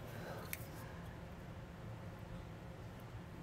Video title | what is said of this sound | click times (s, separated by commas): Mount: Mighty Cord 5th Wheel/Gooseneck Wiring Harness w/ 7-Way Connector on a 2018 Ram 3500 | then getting your connections made and then from there you can go back and zip tie it all back up just make sure you hear that nice click there and that you know that they're attached so | 0.5 s